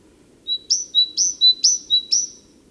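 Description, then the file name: Great tit song: four quick see-sawing two-note phrases, a high note dropping to a lower one, evenly spaced about half a second apart. "Parus major"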